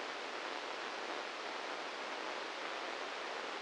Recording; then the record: brain microelectrode recording played as sound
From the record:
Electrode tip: inside the subthalamic nucleus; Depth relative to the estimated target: 1 mm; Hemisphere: left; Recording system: NeuroSet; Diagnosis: Parkinson's disease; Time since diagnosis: 15 years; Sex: male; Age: 65 years